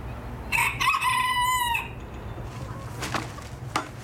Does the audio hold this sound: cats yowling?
no